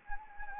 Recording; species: mosquito wingbeat signal from an infrared sensor; Anopheles arabiensis